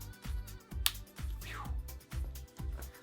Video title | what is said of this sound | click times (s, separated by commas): Nintendo Switch (Neon) In-Depth Unboxing & First Look | I got to say that is a nice click | 0.9 s